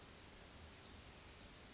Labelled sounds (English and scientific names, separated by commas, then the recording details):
Brown Creeper (Certhia americana)
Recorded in Sonoma County, California